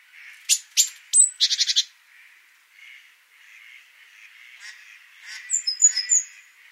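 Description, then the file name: Great tit giving a burst of sharp high notes and buzzy scolding notes, then a run of soft churring, ending with thin high chirps. "Parus major"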